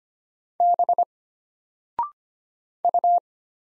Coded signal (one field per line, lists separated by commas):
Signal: Morse code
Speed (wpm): 25 wpm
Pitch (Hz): 700 Hz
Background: none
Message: B U